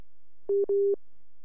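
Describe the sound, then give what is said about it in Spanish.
Two steady electronic tones sound in quick succession, a short beep followed by a longer one, at a mid pitch with a clean, flat hum, as a WhatsApp phone call is reconnecting. “Reconectando, dice. Bueno, vamos a volver a llamar, pero ah, está.”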